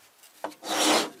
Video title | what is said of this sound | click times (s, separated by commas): Legacy Work Force Pro Grease Gun L1355 Open Box, Basic Use and Zerk Grease Fittings | see it locks into place | 0.4 s